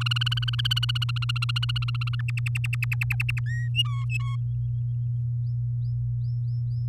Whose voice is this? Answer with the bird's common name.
Domestic Canary